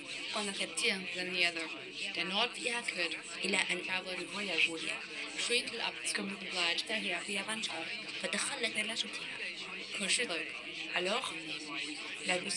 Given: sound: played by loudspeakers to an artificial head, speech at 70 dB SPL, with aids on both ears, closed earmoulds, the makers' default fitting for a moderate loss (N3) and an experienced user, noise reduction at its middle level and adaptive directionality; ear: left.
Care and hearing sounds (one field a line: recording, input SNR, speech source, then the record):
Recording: speech test signal (ISTS) in cocktail-party noise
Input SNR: +3 dB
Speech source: in front (0 degrees)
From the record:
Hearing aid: class 2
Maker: C